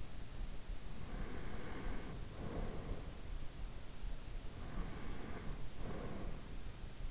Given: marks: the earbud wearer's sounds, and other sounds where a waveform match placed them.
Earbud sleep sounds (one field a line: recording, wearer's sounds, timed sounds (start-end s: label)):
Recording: sounds in sleep by an in-ear microphone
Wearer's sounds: breath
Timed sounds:
0.91-3.23 s: breath
4.53-6.53 s: breath